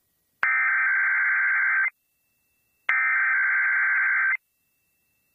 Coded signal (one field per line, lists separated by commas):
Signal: Emergency Alert System (SAME) tones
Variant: header bursts